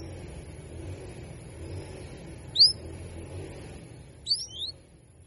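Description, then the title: Canary calls: one thin high chirp, then a quick pair of similar high notes a couple of seconds later, against a soft constant background hum. Belgian canary; female canary giving 'cuit cuit' calls to stimulate and excite male canaries into singing more actively. "Canto Para Esquentar Canário Belga. Therapy Suara Cuit.. Cuit.. Kenari Betina Bikin Kenari Jantan Makin Gacor"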